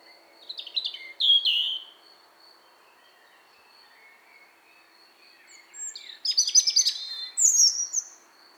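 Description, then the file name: European robin song: two bursts of high, thin, varied warbling with sharp whistles and trills, separated by a pause of several seconds; faint background hiss. "Erithacus rubecula"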